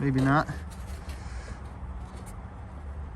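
A new H11 headlight bulb for a 2016 Nissan Pathfinder is being pushed by hand back into its plastic wiring harness connector, and a one-handed try isn't enough. Someone talks briefly at the start, then only a low, steady background rumble continues. Nothing has seated or clicked yet.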